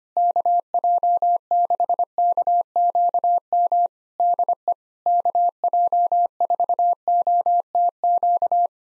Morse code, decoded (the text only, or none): KJ6KQM DE KJ4OTQ